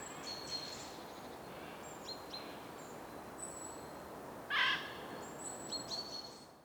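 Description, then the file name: Eurasian jay gives one harsh, rasping screech about two-thirds of the way through, with thin high calls from small birds scattered through the quiet background. "Garrulus glandarius"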